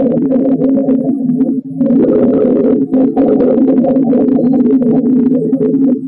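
Rhonchi heard through a stethoscope over an adult's lungs: congested, continuous, lower-pitched breath sounds with a rattling quality, from fluid or mucus in the larger airways, as with infection or inflammation. Most prominent on expiration; often with a productive cough.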